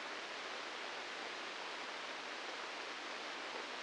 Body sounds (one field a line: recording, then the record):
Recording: brain microelectrode recording played as sound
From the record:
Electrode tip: inside the subthalamic nucleus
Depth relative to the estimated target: -2 mm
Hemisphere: right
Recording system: NeuroSet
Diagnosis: Parkinson's disease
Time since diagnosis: 9 years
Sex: female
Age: 51 years